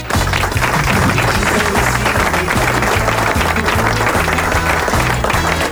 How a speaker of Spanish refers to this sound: Otra cosa, mañana 9 de julio, chicos, Día de la Independencia. Aplausos para nuestro país hermoso.